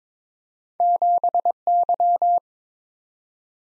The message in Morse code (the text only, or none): 7Y